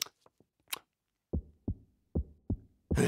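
Simulated heartbeat heard through a stethoscope on the chest of a puppet character in a children's TV show. Normal heartbeat, nicely regular and calm, sounding relaxed.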